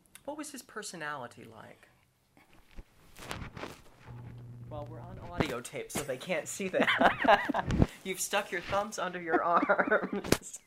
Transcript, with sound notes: What was his personality like? [paper rustling] Well, we're on audio tape, so they can't see that. [Laughs] You've stuck your thumbs under your arms.